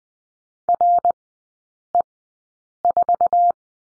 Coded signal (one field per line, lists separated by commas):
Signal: Morse code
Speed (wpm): 20 wpm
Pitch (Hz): 700 Hz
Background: none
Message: RE4